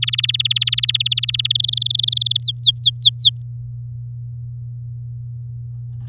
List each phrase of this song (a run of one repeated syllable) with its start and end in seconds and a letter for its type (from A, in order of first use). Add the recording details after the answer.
0.02-1.52 A, 1.54-2.37 B, 2.40-3.41 C. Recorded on 10 May 2018 at 10:20. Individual llb16